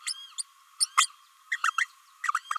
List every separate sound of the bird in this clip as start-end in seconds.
0.06-0.13, 0.38-0.42, 0.80-0.86, 0.97-1.07, 1.51-1.58, 1.64-1.70, 1.78-1.85, 2.23-2.31, 2.50-2.58